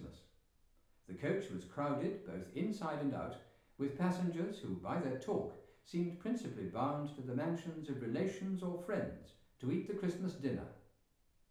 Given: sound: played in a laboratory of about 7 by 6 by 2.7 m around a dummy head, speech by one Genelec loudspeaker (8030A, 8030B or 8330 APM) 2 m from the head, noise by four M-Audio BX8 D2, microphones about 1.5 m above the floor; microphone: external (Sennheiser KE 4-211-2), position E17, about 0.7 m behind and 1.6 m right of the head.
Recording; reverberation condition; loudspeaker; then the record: male speech in English; medium; 60 degrees to the right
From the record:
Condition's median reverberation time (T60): about 510 ms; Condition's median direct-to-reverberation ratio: about -0.5 dB